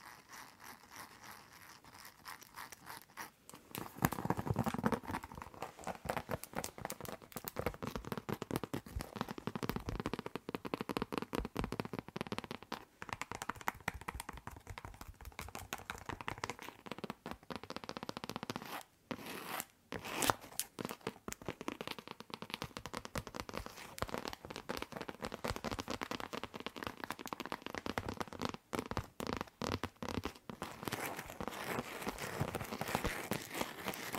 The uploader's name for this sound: Tapping and Scratching with LONG NAILS